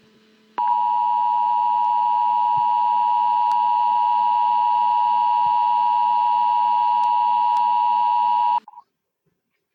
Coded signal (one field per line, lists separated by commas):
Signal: Emergency Alert System (SAME) tones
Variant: 853 and 960 Hz attention tone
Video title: EAS Scenario - The Scrapped Ones Are Returning